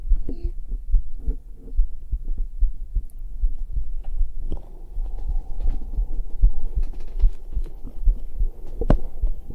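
Soft, deep thumps repeat steadily at about 71 beats per minute: an adult heartbeat heard through a microphone pressed against bare skin over the chest. A faint steady hum and occasional rustling sit underneath, becoming more noticeable after the first few seconds.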